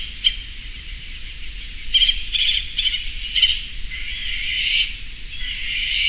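Bird calls: a quick run of short sharp notes followed by longer rasping, drawn-out calls, with faint low background hum.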